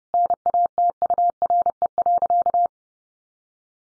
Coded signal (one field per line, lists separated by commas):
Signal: Morse code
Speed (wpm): 30 wpm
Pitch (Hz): 700 Hz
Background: none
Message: NATURE.